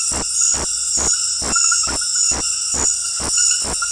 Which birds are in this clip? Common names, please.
none